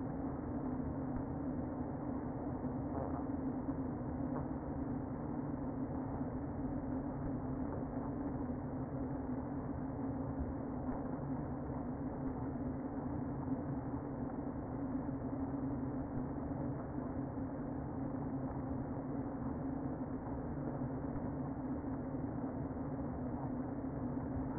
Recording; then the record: honeybee colony, microphone inside the hive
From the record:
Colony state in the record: queen present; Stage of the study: before two queens were removed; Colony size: about 60,000 bees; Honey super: yes